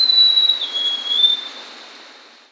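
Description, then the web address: Buff-breasted mountain tanager song: a long high whistled note that dips slightly and then fades away. Recorded in Ecuador. "Birds of Ecuador. Buff-Breasted Mountain-Tanager"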